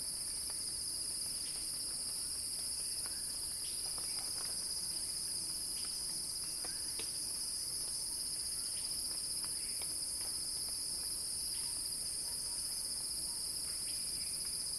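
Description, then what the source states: Cicada chorus forms a continuous piercing hiss, unchanging throughout, with scattered soft ticks underneath. Cicada song in a crescendo, recorded by Axel Drioli for Earth.fm's Sounding Wild.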